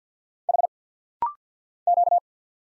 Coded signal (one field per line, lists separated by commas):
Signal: Morse code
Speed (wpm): 50 wpm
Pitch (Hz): 700 Hz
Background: none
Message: H Q